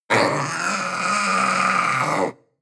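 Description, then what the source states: Young panther cry, one drawn-out harsh wail about two seconds long, fairly even in pitch, cutting off abruptly. Young animal.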